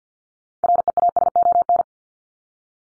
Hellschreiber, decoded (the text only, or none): none